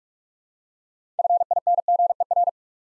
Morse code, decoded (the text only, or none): FINGER